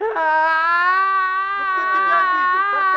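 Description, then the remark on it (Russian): A loud, drawn-out crying wail: one voice holds a steady, slightly wavering pitch for about three seconds, with faint sobbing catches near the end. “Ну что ты плачешь?”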